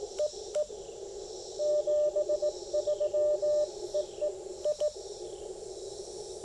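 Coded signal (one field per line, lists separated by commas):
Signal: Morse code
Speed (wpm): 18 wpm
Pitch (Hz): 600 Hz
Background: none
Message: EE 73 EE I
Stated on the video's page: QRP CW park activation at 5 watts using 28.5 feet of speaker wire as the antenna.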